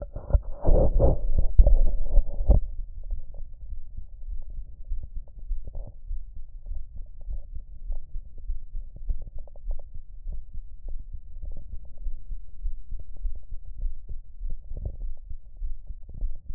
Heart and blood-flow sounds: heart sounds by stethoscope; aortic valve (AV); normal heart sounds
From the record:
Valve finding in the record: normal valve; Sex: female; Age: 47 years

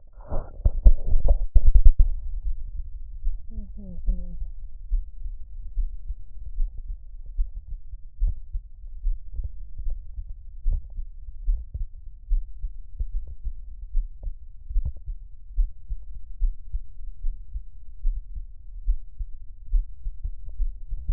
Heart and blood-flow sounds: heart sounds by stethoscope; pulmonary valve (PV); normal heart sounds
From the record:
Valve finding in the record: normal valve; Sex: female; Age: 56 years

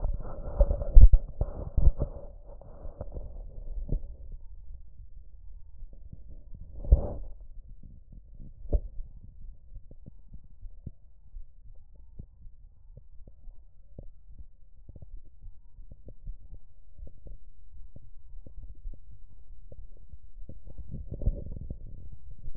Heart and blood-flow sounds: heart sounds by stethoscope; tricuspid valve (TV); normal heart sounds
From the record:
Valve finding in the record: normal valve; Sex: female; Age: 69 years

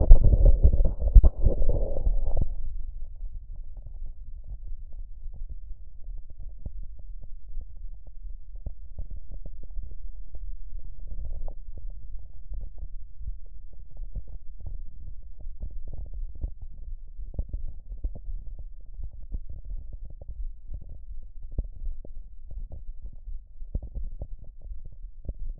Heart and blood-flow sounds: heart sounds by stethoscope; mitral valve (MV); normal heart sounds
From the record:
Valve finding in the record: mitral regurgitation, grade 0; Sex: female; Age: 27 years

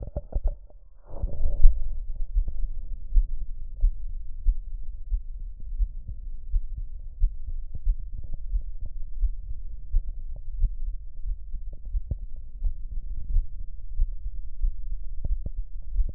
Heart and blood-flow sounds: heart sounds by stethoscope; aortic valve (AV); normal heart sounds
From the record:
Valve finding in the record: normal valve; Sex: male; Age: 36 years

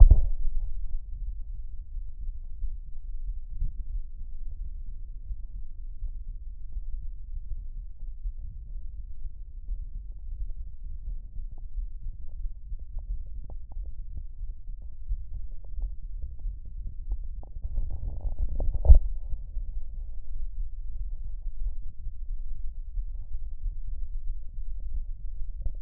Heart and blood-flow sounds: heart sounds by stethoscope; aortic valve (AV); normal heart sounds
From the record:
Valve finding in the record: normal valve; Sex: male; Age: 39 years

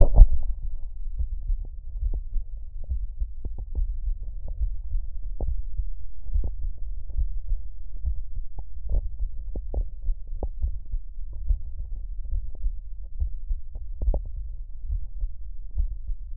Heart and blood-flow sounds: heart sounds by stethoscope; tricuspid valve (TV); normal heart sounds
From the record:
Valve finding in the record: tricuspid regurgitation, grade 1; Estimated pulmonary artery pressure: 30 mmHg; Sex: male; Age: 78 years

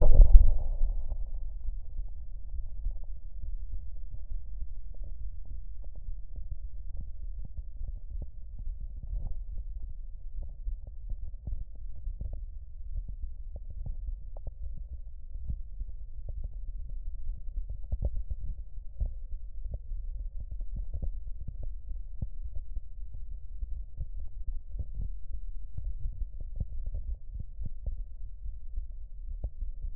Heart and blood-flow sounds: heart sounds by stethoscope; pulmonary valve (PV); normal heart sounds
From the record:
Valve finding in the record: normal valve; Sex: male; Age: 47 years

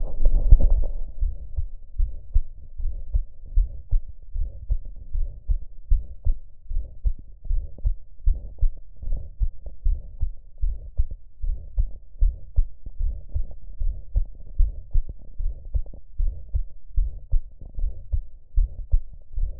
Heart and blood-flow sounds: heart sounds by stethoscope; tricuspid valve (TV); normal heart sounds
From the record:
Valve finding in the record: tricuspid regurgitation, grade 1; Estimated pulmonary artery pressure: 45 mmHg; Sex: female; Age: 42 years

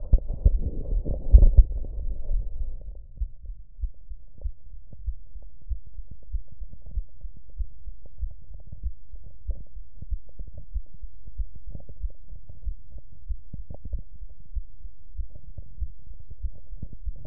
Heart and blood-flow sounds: heart sounds by stethoscope; mitral valve (MV); normal heart sounds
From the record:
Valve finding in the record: normal valve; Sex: female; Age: 47 years

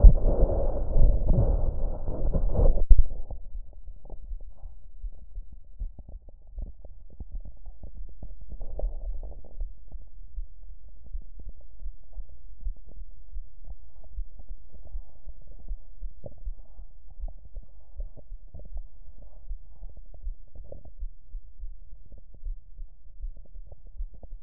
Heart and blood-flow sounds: heart sounds by stethoscope; tricuspid valve (TV); normal heart sounds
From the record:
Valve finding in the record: tricuspid regurgitation, grade 1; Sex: female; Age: 57 years

